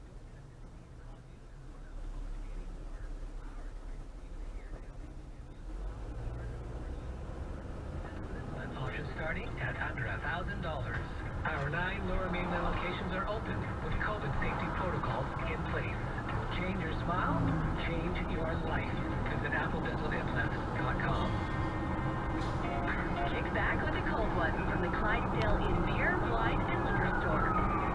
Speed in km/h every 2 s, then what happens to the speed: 2, 2, 4, 8, 13, 17, 20, 24, 26, 31, 34, 37, 42, 47.
0-2 standing. 2-28 pulls away to 47.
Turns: none.